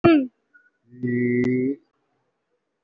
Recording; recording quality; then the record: sustained vowel as in beet; excellent, no background noise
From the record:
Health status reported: COVID-19 positive, moderate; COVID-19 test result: positive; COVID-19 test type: RT-PCR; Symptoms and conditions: cough, sore throat, fever, fatigue, muscle pain, loss of smell and taste, diabetes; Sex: male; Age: 69 years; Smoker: no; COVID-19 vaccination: both doses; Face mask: worn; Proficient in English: yes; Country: India